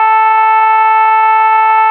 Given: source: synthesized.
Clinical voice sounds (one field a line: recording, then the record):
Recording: sustained vowel /a/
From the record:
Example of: shimmer, step 4